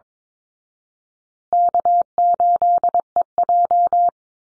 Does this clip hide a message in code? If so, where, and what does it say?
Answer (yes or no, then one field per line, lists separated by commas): yes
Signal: Morse code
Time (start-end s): 1.5-4.1 s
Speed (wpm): 22 wpm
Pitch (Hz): 700 Hz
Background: none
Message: K8EJ